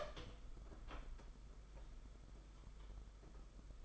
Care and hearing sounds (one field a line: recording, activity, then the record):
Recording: daily activity, microphone in the room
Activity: open door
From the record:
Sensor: 5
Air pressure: 991.7 hPa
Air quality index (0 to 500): 135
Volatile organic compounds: 88 ppm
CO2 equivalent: 3672 ppm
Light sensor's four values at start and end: 35/115/43/46 and 35/115/43/46